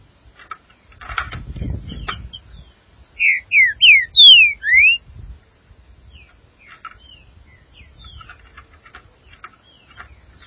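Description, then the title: Green-winged saltator song: five loud, slurred whistled notes in quick succession, surrounded by soft chips and a low rumbling background. "Trinca Ferro"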